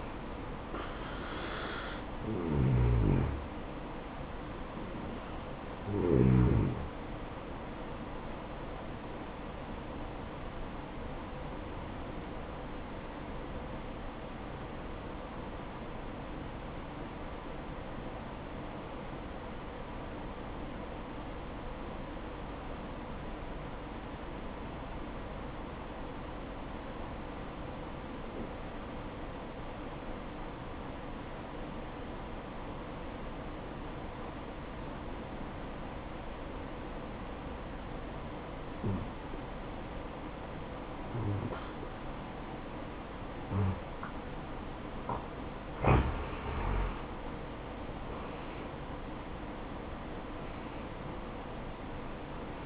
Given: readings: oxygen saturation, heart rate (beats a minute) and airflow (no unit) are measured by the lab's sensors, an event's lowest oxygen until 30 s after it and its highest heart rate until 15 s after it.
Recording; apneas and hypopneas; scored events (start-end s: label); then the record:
breathing in sleep by a voice recorder at the bedside; 1
13.00-44.50 s: obstructive apnea (N1, oxygen 96% highest, then 85% lowest, heart rate 64 at the start, 73 highest)
29.00-52.66 s: new sleep stage, N2 (light sleep)
From the record:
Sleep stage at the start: N1 (lightest sleep); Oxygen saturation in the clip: 85 to 96%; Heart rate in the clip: 61 to 71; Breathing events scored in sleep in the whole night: 573 in 9.8 hours asleep